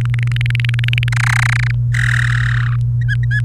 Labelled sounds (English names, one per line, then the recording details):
Domestic Canary song
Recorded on 28 April 2018 at 12:31
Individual llb3